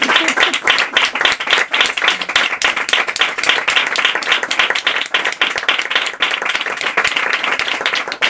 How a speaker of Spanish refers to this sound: vamos a darle un aplauso a la Resistencia Palestina, a nuestras primas de la otra orilla, un aplauso que se vea en Instagram